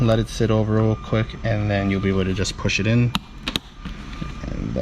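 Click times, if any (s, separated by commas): 3.5 s, 3.6 s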